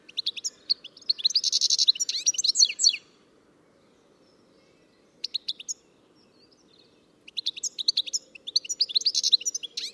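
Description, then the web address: Bird song with rapid high chirps and buzzy trills, a short burst in the middle, then a longer chattering phrase at the end. "Deverinetal 2025 File origin Bird Only"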